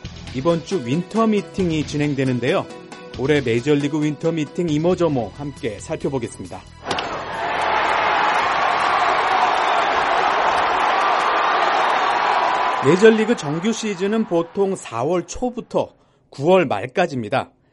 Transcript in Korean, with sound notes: 이번 주 ‘윈터미팅’을 진행하는데요. 올해 메이저리그 윈터미팅 이모저모, 함께 살펴보겠습니다. [녹취: 야구장 관중 함성] 메이저리그 정규 시즌은 보통 4월 초부터 9월 말까지입니다.